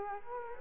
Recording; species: mosquito wingbeat signal from an infrared sensor; Culex quinquefasciatus